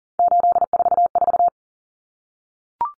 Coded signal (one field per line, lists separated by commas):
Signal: Morse code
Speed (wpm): 40 wpm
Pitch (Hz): 700 Hz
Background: none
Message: 844